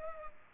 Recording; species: mosquito wingbeat signal from an infrared sensor; Culex pipiens